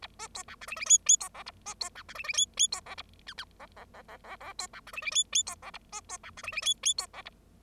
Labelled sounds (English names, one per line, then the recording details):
Bengalese Finch song
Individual Bird0